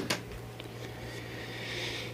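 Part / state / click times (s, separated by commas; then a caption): hinge latch on internal cage of PC case / seated / 0.1 s. The hinge latch on the internal cage of a slimline PC case locks into place with a sharp click at 0.1 s. A smaller tick follows at 0.6 s over a steady low hum. The hinge is now seated and locked.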